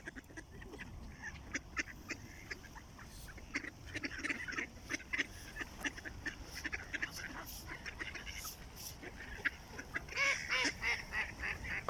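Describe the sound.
Ducks calling in a busy flock, with rapid overlapping short quacks and honking notes at an uneven pace, building into a denser burst of calls near the end.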